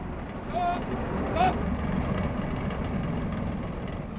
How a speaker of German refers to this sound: Während sie noch mit ihm herumstritten, warf ich den Gang rein und fuhr an.